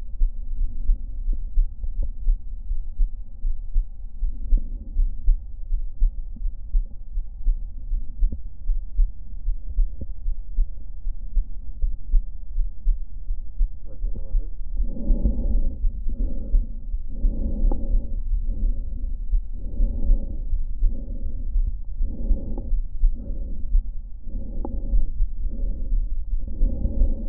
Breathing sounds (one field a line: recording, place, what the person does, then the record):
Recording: lung sounds by stethoscope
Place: right anterior apical chest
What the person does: quiet breathing, then deep breathing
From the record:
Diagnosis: none (healthy)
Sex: male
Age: 29 years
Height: 180 cm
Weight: 100 kg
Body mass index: 30.9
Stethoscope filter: diaphragm mode